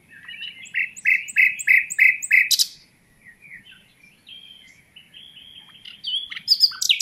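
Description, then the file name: Common nightingale song opening with a fast series of repeated chirps and a sharp crack, then soft varied notes and a final burst of loud high notes. "Luscinia megarhynchos"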